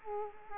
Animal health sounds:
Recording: mosquito wingbeat signal from an infrared sensor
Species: Culex quinquefasciatus

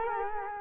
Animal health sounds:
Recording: mosquito wingbeat signal from an infrared sensor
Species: Culex quinquefasciatus

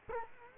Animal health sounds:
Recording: mosquito wingbeat signal from an infrared sensor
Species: Culex quinquefasciatus

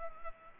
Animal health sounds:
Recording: mosquito wingbeat signal from an infrared sensor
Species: Culex pipiens

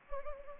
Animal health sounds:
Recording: mosquito wingbeat signal from an infrared sensor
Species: Anopheles gambiae

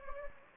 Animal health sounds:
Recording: mosquito wingbeat signal from an infrared sensor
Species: Anopheles gambiae

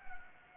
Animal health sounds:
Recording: mosquito wingbeat signal from an infrared sensor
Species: Anopheles gambiae

